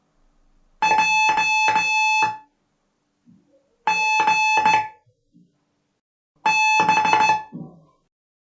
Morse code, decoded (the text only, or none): J G B